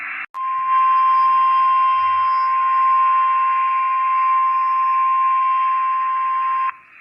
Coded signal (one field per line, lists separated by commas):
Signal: Emergency Alert System (SAME) tones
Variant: 1050 Hz attention tone